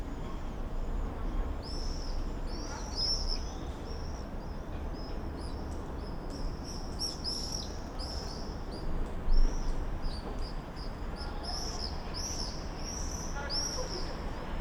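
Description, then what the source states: Common swifts giving repeated high, shrill screams in many short overlapping bursts throughout, over a low steady rumble. Summer evening in a backyard in Bytom, Poland; many swifts circling; recorded with Zoom F4 and AT BP4025.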